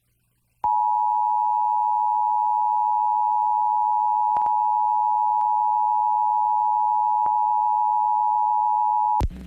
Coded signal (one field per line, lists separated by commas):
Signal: Emergency Alert System (SAME) tones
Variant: 853 and 960 Hz attention tone